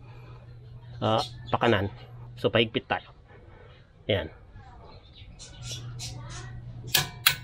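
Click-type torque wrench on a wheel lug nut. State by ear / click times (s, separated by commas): torque reached / 6.9 s, 7.3 s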